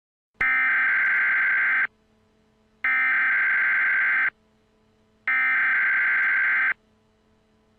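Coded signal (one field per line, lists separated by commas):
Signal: Emergency Alert System (SAME) tones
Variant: header bursts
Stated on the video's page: Simulated EAS scenario.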